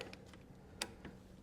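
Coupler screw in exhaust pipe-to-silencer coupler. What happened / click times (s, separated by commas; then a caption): The tool slipped on a stripped screw instead of turning it / 0.8 s. A tool works the metal screw on the exhaust coupler that joins the pipe and silencer of a Yamaha Blaster during an FMF Fatty pipe install. Light ticks are heard, followed by a sharp slip of the tool at 0.8 s and a softer tick at about 1.1 s. The coupler screw is stripped.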